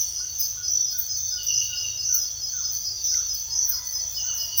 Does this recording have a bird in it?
yes